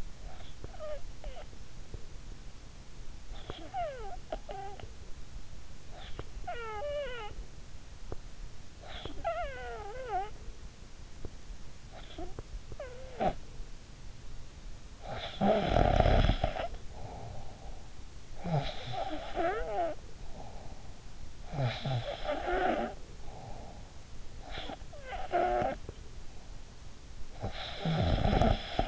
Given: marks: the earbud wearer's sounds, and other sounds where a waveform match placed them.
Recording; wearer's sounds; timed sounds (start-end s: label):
sounds in sleep by an in-ear microphone; snoring breath, breath
0.00-0.37 s: snoring breath
0.36-3.12 s: breath
3.12-28.88 s: snoring breath